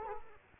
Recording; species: mosquito wingbeat signal from an infrared sensor; Culex quinquefasciatus